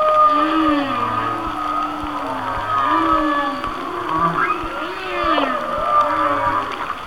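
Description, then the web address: Whale song: several smooth arching moans beneath a steady high tone, with a sharp upward sweep later on. "Natures Songs Whale Songs Whale Songs- Mike Mc Donald"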